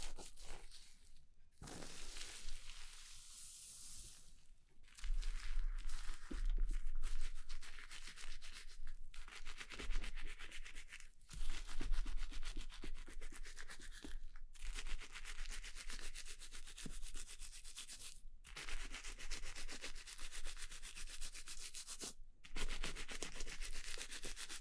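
Rubbing and scraping during a haircut and shave, a dense, hissy brushing sound that carries on almost without pause. It is softer for the first five seconds, then grows louder and rougher. Brief breaks in the strokes come every few seconds.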